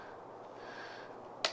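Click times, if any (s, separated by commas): 1.4 s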